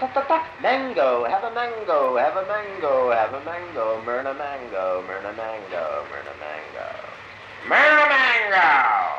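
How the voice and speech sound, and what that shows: Adult man talking and singing in his sleep (somniloquy): a rhythmic, sing-song chant of short repeated phrases with a rising and falling melody, ending in a louder, stretched-out final phrase.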